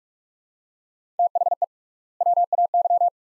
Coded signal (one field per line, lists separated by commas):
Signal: Morse code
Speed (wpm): 42 wpm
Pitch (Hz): 700 Hz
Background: none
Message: THE WAY